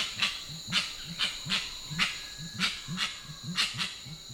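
Grey-winged trumpeter giving short, deep hooting notes in rapid succession, with repeated loud clicking bursts and a steady high whine behind.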